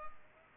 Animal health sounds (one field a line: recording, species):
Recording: mosquito wingbeat signal from an infrared sensor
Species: Culex pipiens